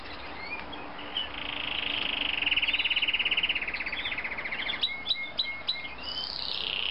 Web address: canary canary-sound